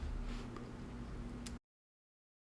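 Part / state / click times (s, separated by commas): LED tail light assembly into truck bed-side tail light pocket / seated / 0.6 s, 1.5 s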